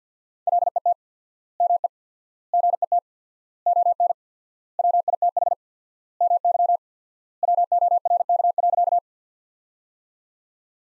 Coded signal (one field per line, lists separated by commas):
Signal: Morse code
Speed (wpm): 50 wpm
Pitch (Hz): 700 Hz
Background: none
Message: LET ME GET ON WITH MY WORK.